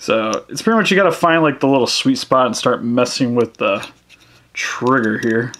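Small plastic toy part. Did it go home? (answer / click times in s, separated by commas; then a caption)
no / none. A plastic missile is pushed into the spring-loaded launcher of a Transformers Generations Jetfire Leader Class toy figure, with earlier tries popping back out. Someone talks throughout while faint scratchy handling and light ticking sounds come from working the trigger. Nothing has seated or clicked yet by the end of the clip.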